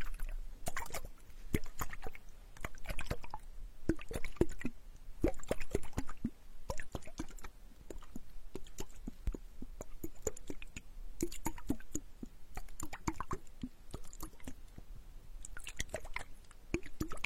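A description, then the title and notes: Water flows in a soft, continuous stream while small wet clicks and drips land throughout, several each second at an irregular pace. The clicks are crisp and bright, with occasional squishy, liquid pops, and the overall level stays fairly even across the clip. Water flow sound picking ear spa.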